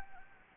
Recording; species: mosquito wingbeat signal from an infrared sensor; Anopheles gambiae